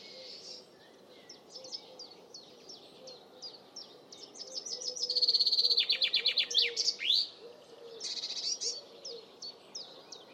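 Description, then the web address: Bird song: a string of short high chirps, then a loud rapid trill and sweeping downslurred notes midway, with more chirps afterward and faint low notes beneath. "cianscape birddata Deverinetal 2025 Bird Only Fr Co"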